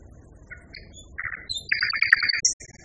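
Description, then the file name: Common nightingale song: quiet scattered whistles leading into a louder buzzy, rattling phrase with a high thin note laid over it. Song variation. "kicauan nightingale b variasi. omkicau"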